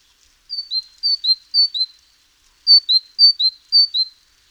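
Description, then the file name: Great tit repeating a high two-note phrase, upper note then slightly lower note, about three times in a row, a pause, then three more pairs. "Parus major"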